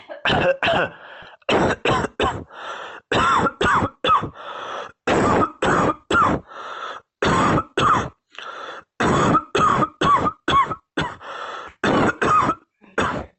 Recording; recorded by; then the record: voluntary cough; messaging app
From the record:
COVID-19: negative